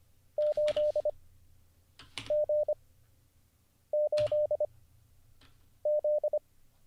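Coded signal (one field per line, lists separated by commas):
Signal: Morse code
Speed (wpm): 25 wpm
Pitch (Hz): 600 Hz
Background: none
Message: 8 G 8 Z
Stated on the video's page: Morse learning practice livestream, drilling J, B, X, Z, 6, 7, 8, P, F, G and all characters mixed.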